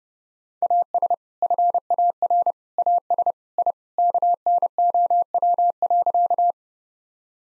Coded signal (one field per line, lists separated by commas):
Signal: Morse code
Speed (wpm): 32 wpm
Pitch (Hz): 700 Hz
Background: none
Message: AS FAR AS I KNOW.